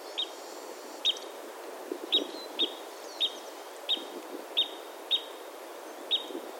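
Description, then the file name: Parrot crossbill calls: several short, sharp, high notes repeated about every half second to one second over a steady hiss. "kiefernkreuzschnabel"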